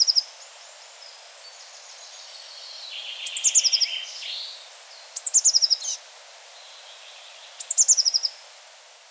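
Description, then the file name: Eurasian blue tit giving short clusters of very high, sharp notes at intervals of about two seconds, with fainter lower chattering in between. "Cyanistes caeruleus"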